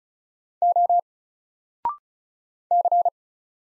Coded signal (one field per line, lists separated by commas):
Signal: Morse code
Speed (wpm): 35 wpm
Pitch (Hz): 700 Hz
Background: none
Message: O C